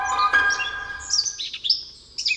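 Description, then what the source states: Eurasian blackcap song, a quick run of fluting and chattering notes. Males sing a fluting song of fast, very short strophes, some two and some four to five seconds long; females are enthusiastic; a city-dwelling bird.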